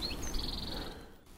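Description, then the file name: Snowbird calls: a few thin, high chips, then a short, fast, evenly pulsed high trill that fades, over steady background noise. May 2016. "2016-05 May Snowbirds"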